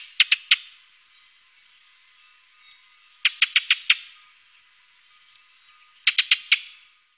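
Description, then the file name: Ring ouzel sharp clicking tacks, delivered in rapid runs of three to five with quiet gaps, over soft background bird twittering. "beflijster ring ouzel"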